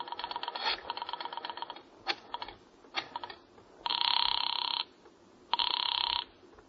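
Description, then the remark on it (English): A rapid run of dialing clicks and short taps goes on for a few seconds, then a telephone rings in two loud, buzzy bursts separated by a brief pause. “do you mind if I use your phone a moment?”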